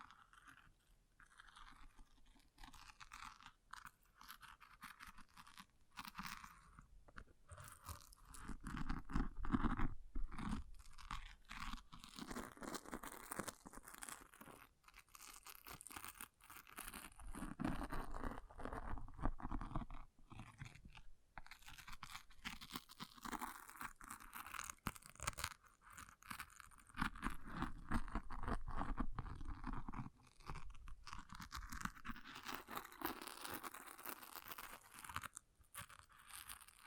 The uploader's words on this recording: ASMR Brain Melting Object Scratching (No Talking).